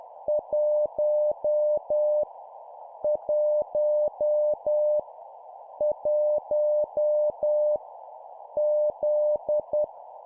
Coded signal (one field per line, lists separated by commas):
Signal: Morse code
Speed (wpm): 10 wpm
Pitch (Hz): 600 Hz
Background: none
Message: 1 1 1 Z